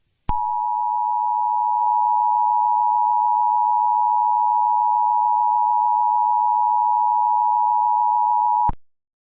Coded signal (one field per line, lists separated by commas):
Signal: Emergency Alert System (SAME) tones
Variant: 853 and 960 Hz attention tone